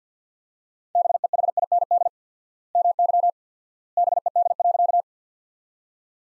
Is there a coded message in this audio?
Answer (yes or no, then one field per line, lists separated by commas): yes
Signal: Morse code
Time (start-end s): 1.0-5.0 s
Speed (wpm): 50 wpm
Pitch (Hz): 700 Hz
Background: none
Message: BEHIND MY BED.